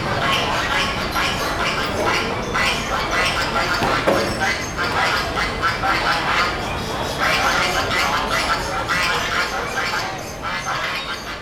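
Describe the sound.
Birds call constantly on the second floor of a market in Girardot, a dense overlapping mix of quacks and squawks, steady and loud throughout, with a murmur of people's voices beneath.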